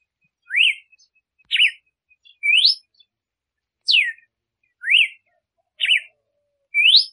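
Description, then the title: Red-cowled cardinal song: clear slurred whistled notes, some rising, some falling or zigzag, delivered singly about once a second with short pauses between. Female singing to stimulate the male. "Canto Galo Campina Fêmea 01. Fêmea de Galo de Campina Cantando para Foguear o Macho"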